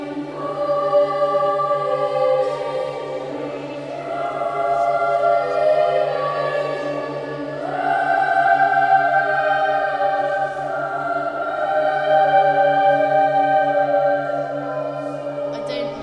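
Sustained chords fill a cathedral, held like organ tones over a steady low drone. The upper notes shift every few seconds, near 4, 7.5 and 12 seconds, and the sound swells and eases gently. Faint small noises sit beneath the music.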